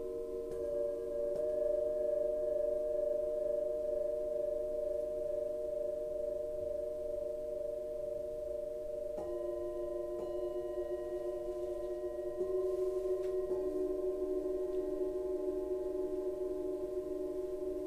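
Tibetan singing bowls ring in long, steady layered tones that hang and overlap with little change in loudness. Around nine seconds and again near twelve and thirteen seconds, new strikes add fresh pitches, shifting the chord slightly higher while the earlier tones keep sounding.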